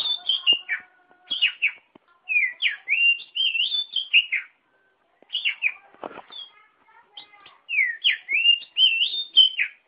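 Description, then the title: Oriental magpie-robin singing a rich, varied sequence of clear whistles, chirps and rising and falling slurs, with a short break midway and a brief click. "Kicau Kacer"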